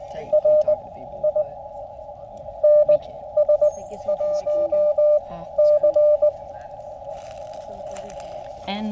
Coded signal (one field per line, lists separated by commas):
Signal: Morse code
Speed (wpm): 19 wpm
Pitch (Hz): 600 Hz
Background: speech, radio noise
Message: RI NS1C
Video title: Introducing Boy Scouts to Morse Code and Parks On The Air (POTA)